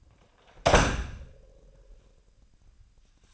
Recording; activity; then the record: daily activity, microphone in the room; close door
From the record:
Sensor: 2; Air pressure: 998.3 hPa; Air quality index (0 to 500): 140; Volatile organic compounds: 4 ppm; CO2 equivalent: 1581 ppm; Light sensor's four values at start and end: 12/34/14/13 and 12/34/14/13